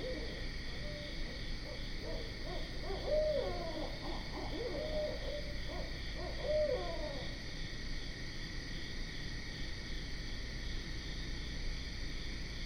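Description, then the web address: Barred owl hooting, three low hoots near the middle, over a steady high insect chorus. Recorded on 12 September 2010. "Barred Owl 2010 09 12"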